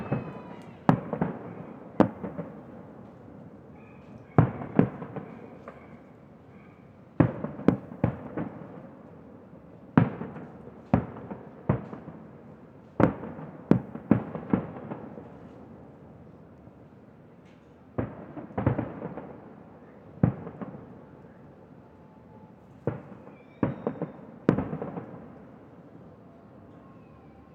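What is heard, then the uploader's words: Fireworks pop in irregular bursts, sharp cracks arriving in clusters every few seconds across the whole stretch, some loud, others fainter. Each bang leaves a brief rumbling echo, and between bursts a low hum of outdoor background and faint voices remains. Virgin Of Guadalupe Fireworks. In San Cristobal every day is a day of celebration, or at least it seems like this because every day you hear fireworks in the sky.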